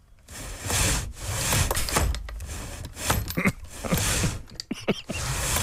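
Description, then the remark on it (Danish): A heavy château gate creaks and grinds through a series of long, rasping strokes, with scratchy, squealing overtones, used as a sound effect for a very, very sick bird. No one speaks. “den her lyd brugte vi til, fordi den skulle lyde som en det var en meget, meget syg fugl, den kommer her.”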